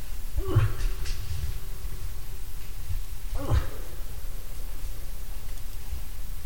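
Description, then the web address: Moose giving two brief, coarse downward-sweeping grunts about three seconds apart against constant low-frequency background noise. "hirvi. nisakkaiden-aania-7-osa-hirvi"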